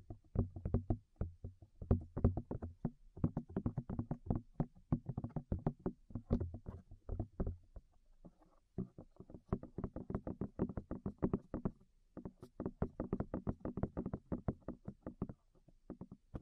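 Rapid, dense tapping with dull, low knocks in uneven bursts, easing briefly around eight seconds and again near fifteen before resuming.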